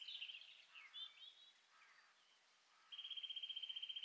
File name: Sitta europaea